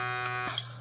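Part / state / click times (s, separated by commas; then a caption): metal canning lid on a glass mason jar under an electric vacuum sealer / seated / 0.6 s. After a glass mason jar is vacuumed with a battery-powered electric vacuum sealer, a button on the sealer is pushed and the metal canning lid pops down onto the jar with a sharp pop at 0.6 s. A steady low hum with faint brief rustles comes before it. The lid is confirmed sealed under vacuum.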